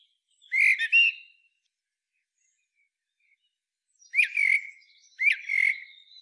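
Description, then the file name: Eurasian blackbird song: a short fluted phrase, silence for nearly three seconds, then two more brief whistled phrases in quick succession. "Turdus merula"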